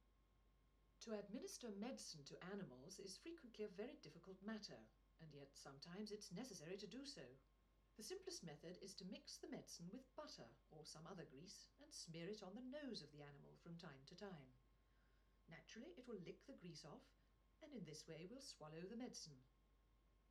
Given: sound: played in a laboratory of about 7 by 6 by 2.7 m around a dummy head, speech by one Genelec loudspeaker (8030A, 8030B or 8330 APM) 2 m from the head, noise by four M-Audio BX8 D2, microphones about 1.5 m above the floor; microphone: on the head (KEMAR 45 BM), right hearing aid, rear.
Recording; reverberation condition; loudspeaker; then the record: female speech in English; low; 120 degrees to the right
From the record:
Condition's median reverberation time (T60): about 310 ms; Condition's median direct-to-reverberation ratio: about 3.5 dB